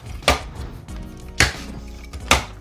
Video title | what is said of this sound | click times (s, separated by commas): Tableau électrique Maison neuve Partie 2 Fixation Tableau et Branchement Boite de Dérivation | et ça vient se clipser comme un capot de goulotte je touche plus rien j'ai pas mis de vis encore | 0.3 s, 1.4 s, 2.3 s